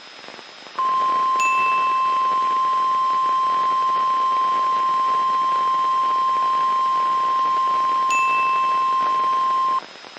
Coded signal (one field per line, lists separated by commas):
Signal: Emergency Alert System (SAME) tones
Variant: 1050 Hz attention tone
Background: music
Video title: Required Weekly Tests 1/13/2021 (EAS #186-198)